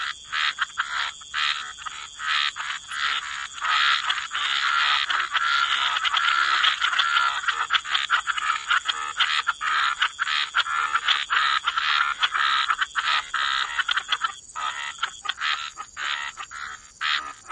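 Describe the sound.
Many frogs croaking together, rapid rattling calls swelling into a thick unbroken chorus mid-way, then thinning into separate pulses, faint steady hiss.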